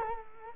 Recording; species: mosquito wingbeat signal from an infrared sensor; Culex quinquefasciatus